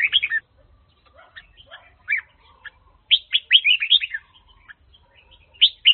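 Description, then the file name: Red-whiskered bulbul song, lively chirpy whistled notes bunched into rapid bursts at the start and after three seconds, separated by quieter gaps. Hue-style red-whiskered bulbul training song. "file luyen giong chao mao hue dao giong"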